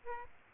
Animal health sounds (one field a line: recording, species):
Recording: mosquito wingbeat signal from an infrared sensor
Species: Aedes aegypti